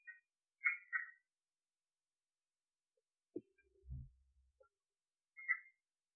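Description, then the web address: Red-eyed tree frog making a double clucking chuck near the start and another later, with a low thump and soft knock in between. "phyllomedusidae Agalychnis-callidryas"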